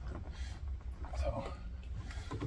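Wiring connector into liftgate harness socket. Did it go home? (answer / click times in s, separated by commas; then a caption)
yes / 2.1 s. A wiring connector is pushed into the liftgate harness socket of a GM Suburban, Tahoe or Yukon, as part of a repair for a rear defrost and wiper that are not working. Someone talks while a low rumbling background continues, and a short sharp click comes at 2.1 s as the connector locks in. The connector is seated, nice and snug.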